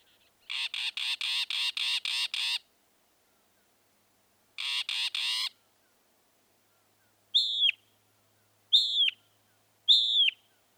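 Northern mockingbird delivering a long rapid series of buzzy notes, a shorter repeat, then three separate sharp down-slurred whistles spaced well apart.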